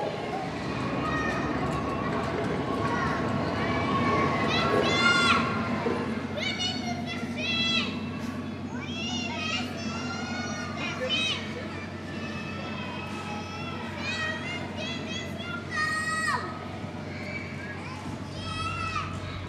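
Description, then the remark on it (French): A busy school din of many children's voices, with teachers shouting at the children and high excited shouts and calls rising above a continuous babble, steady and loud throughout with a low hum underneath. “Ça, c'est l'école, les profs qui crient comme des bœufs, des grosses bourrines.”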